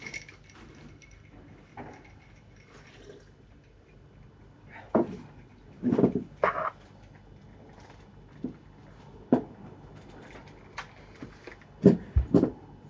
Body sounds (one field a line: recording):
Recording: background sound without coughing